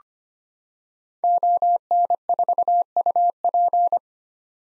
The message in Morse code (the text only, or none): ON4UP